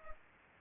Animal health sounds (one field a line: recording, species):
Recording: mosquito wingbeat signal from an infrared sensor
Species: Culex pipiens